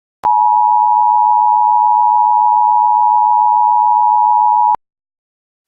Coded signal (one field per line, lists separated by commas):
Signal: Emergency Alert System (SAME) tones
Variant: 853 and 960 Hz attention tone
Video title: EAS Scenario #2 - A Giamental Disaster